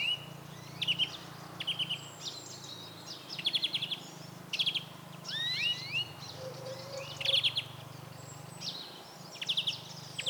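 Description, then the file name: European greenfinch twittering calls, repeated short trilled bursts, with rising whistled notes in the middle and a low steady hum beneath. "Chloris chloris"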